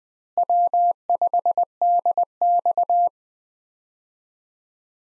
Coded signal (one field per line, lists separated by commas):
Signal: Morse code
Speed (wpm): 20 wpm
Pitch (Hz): 700 Hz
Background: none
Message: W5DX